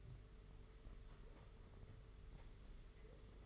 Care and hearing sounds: daily activity, microphone in the room; take from stove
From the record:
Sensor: 4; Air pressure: 991.7 hPa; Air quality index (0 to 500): 86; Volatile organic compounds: 7 ppm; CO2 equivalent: 1964 ppm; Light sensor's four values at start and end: 22/75/27/29 and 21/75/27/29

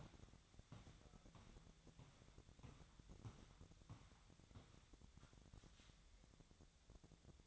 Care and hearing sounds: daily activity, microphone in the room; walk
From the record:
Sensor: 3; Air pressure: 1012.2 hPa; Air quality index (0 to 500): 184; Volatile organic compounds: 3 ppm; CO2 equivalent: 1410 ppm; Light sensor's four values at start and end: 54/143/62/65 and 53/141/61/64

